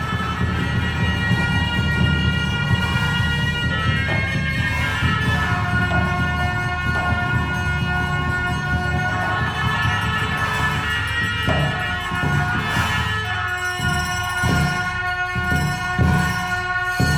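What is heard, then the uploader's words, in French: Buddhist monks at a prayer ceremony, their voices merging into a dense, steady drone that fills the whole clip at an even level. Long held tones shift pitch now and then, and in the final seconds the low sound breaks into shorter pulses. Cérémonie de prières, moines bouddhistes. Bodnath est l'un des plus grands sanctuaires bouddhiques de la région de Kathmandu, avec une grosse communauté de réfugiés tibétains.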